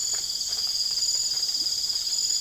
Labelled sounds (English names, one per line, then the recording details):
none
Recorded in secondary vegetation near Puerto Asís, Putumayo, Colombia, on 12 March 2025 at 04:00
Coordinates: 0.488, -76.319
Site G095